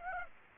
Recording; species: mosquito wingbeat signal from an infrared sensor; Aedes aegypti